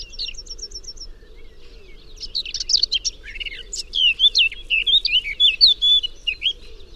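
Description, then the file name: Eurasian blackcap song opening with a quick series of thin high notes, then a soft pause before a rich warble of loud, varied whistled phrases. "Sylvia atricapilla"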